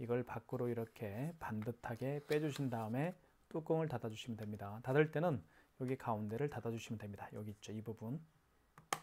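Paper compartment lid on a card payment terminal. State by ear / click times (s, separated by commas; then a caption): seated / 8.9 s. Someone talks while a receipt paper roll is dropped into a KIS-8630QN wireless card payment terminal with Wi-Fi and Apple Pay, its end pulled straight out, and the plastic printer cover pressed closed at its center. A faint tick at 8.8 s leads into a sharp snap at 8.9 s as the paper compartment lid clicks shut and seats.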